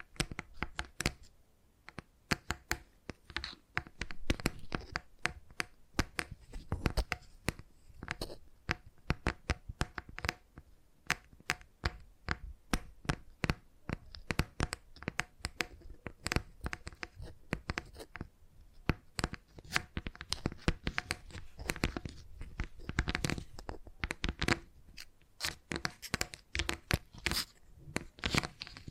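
Tapping sounds come in quick, irregular bursts of sharp clicks, dense throughout with brief pauses near 2 and 10 seconds. Each tap is crisp and bright with a light thud underneath, resembling fingers on a hard surface or keyboard, and the pace stays busy to the end.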